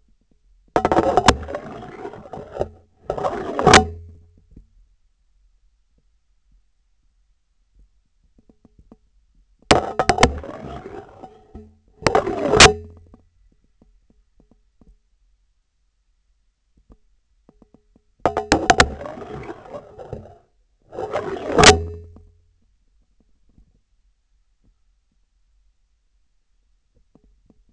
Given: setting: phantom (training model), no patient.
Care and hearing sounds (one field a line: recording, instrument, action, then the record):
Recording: laparoscopic instrument, vibration sensor on the handle end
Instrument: scissors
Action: insertion and removal through the trocar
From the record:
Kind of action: spatial motion